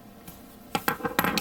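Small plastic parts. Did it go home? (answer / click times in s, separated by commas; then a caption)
yes / 1.2 s. A clear plastic insert goes into one half of a plastic HG 1/144 Trans Am Arios Gundam model kit part, and the two plastic halves are pressed shut. After a quiet start, a series of short, sharp plastic clicks and taps begins at about 0.8 s. The halves snap together with a crisp click at 1.2 s, and the part is seated.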